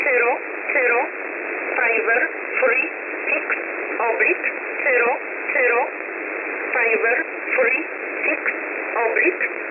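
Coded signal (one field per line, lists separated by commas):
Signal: numbers station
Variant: E11 Oblique, English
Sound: short spoken words at a steady pace through noisy shortwave audio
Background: radio static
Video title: 19 05 2021 Number station E11 Oblique in English to Eu 0900 on 7449 unknown tx site in USB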